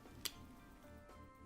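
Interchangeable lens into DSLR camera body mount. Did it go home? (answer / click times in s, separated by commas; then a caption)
yes / 0.3 s. An interchangeable lens, with its marker lined up to the one on the DSLR camera body, is twisted clockwise into the bayonet mount over background music. A single sharp click at 0.3 s marks the mount latch catching, and the lens is seated and locked.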